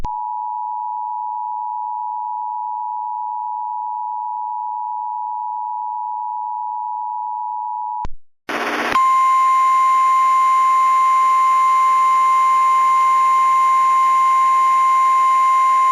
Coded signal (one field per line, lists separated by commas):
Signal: Emergency Alert System (SAME) tones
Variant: 853 and 960 Hz attention tone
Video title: EAS Remake REQUSTED: Large Tornado.